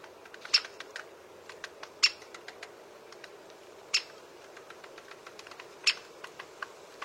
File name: Canto do pica pau malhado grande